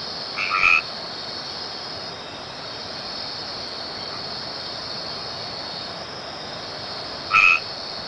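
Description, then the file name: White-edged treefrog gives two brief calls, one near the start and one near the end, separated by a long pause over a steady high hiss. "Boana albomarginata"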